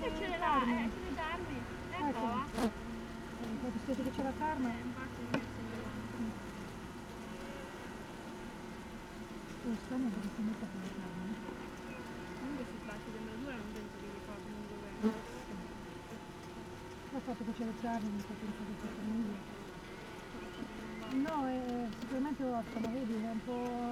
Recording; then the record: honeybee colony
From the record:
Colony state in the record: missing queen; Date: 31 May 2018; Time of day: 16:14